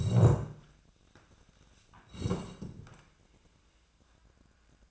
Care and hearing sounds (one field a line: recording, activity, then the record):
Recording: daily activity, microphone in the room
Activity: sit down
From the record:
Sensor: 2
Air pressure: 1012.1 hPa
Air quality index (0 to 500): 160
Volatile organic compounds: 2 ppm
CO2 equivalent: 1173 ppm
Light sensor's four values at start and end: 50/112/53/60 and 65/149/68/79